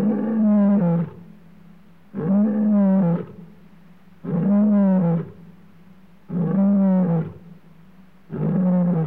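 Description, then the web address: Lion producing full, rich roars, five long resonant bursts coming about every two seconds in a steady rhythm, loud and clear. Male lion roaring, Africa; clean background. "Sound Effects Library-30 (Africa- The Natural World) 14 Male Lion roaring"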